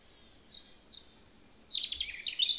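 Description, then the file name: European robin singing a short phrase of high, clear notes that builds into a fast, tumbling warble of trills. "Erithacus rubecula"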